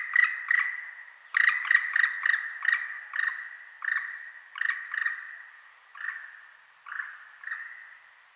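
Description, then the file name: Black woodpecker giving a series of sharp, harsh notes, repeated unevenly and slowing toward the end. "Dryocopus martius"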